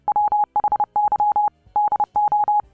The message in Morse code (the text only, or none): WHY DO